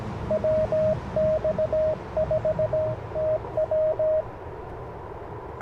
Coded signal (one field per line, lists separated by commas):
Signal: Morse code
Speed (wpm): 20 wpm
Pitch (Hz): 590 Hz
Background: radio noise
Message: WX4TW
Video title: Morning Morse Code - 10/30/2024